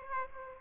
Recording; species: mosquito wingbeat signal from an infrared sensor; Aedes aegypti